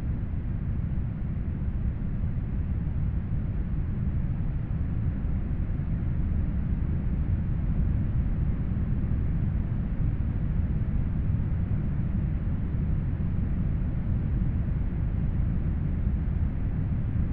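Steady brown noise, a deep unchanging rumble weighted heavily toward the lows, thinning out above the midrange with nothing bright on top.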